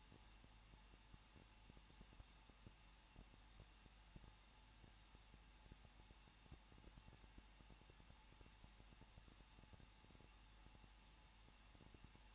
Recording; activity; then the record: daily activity, microphone in the room; no activity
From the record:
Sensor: 1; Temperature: 20.1 degrees Celsius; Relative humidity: 39.1%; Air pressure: 1006.3 hPa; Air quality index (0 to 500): 217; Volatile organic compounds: 76 ppm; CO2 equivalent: 3577 ppm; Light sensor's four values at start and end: 1/2/1/1 and 1/2/1/1